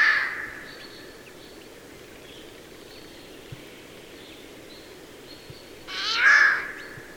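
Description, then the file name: Eurasian jay with a harsh screech at the start and another loud rasping screech near the end. "Garrulus glandarius"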